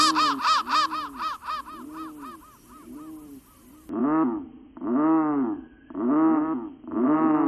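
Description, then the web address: Crow caws, first a quick run of harsh notes, then a few long, deep, drawn-out calls spaced about a second apart. "soundfactory crow"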